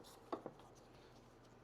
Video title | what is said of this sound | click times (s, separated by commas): License Plate Light Bulb Change Replacement T10 (194 168) 2012-2014 Toyota Camry @AUXITOLED | and you just push it on there and it'll click into place. | 0.3 s